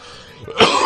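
A single short, harsh cough from an adult man bursts out after a brief quiet lead-in, with a rough, throat-clearing quality. It is a dry, irritative cough from pharyngitis, a throat inflammation that colds set off in him.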